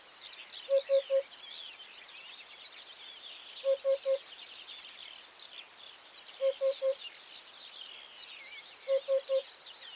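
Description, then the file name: Eurasian hoopoe giving soft, low hooting triplets, oop-oop-oop, four times about every three seconds, over a busy chorus of higher chirping and twittering birds. "Eurasian Hoopoe Upupa epops"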